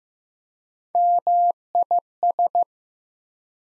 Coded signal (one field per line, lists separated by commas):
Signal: Morse code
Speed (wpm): 15 wpm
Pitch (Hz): 700 Hz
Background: none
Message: MIS